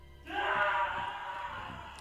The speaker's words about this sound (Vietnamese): Tiếng của tôi hét lên quá lớn hình như cũng khiến cho đống sáng trước mặt tôi dừng lại, rồi thình lình nó quay phát sang chiếu thẳng vào mặt tôi, cộng với một tiếng hét đầy giận dữ.